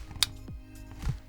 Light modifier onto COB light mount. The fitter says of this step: and once we get in listen for the snap